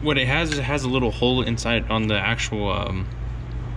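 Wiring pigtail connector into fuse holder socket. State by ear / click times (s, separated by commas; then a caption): not seated / none. A plastic wiring pigtail connector is being handled next to the relocated fuel pump fuse/relay holder on a 2010 F-150 while a man talks over a steady low background hum. The connector has not yet been pushed into the holder socket, so nothing has seated or clicked yet.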